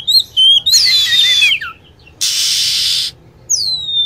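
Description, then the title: Lovebird calls: a long high whistled note with a falling tail, a burst of hissy noise, then a descending chirp. Lure sound used for attracting lovebirds. "PIKAT BURUNG LOVEBIRD"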